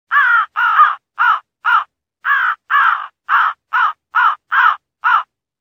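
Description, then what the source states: Crow cawing rapidly, about a dozen short harsh caws in fast succession with one brief pause midway, on a silent background. Crows fighting.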